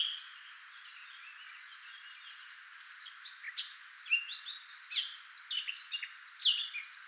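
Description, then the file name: Eurasian blackcap song: a brief high warble at the start, a quiet gap, then a rapid chattering run of varied notes from about three seconds onward. "Sylvia atricapilla"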